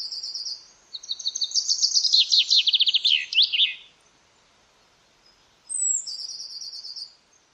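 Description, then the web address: Common chaffinch song, a fast rattling trill that drops in pitch and ends in a quick flourish, with brief high trilled phrases at the start and near the end. "Deverinetal"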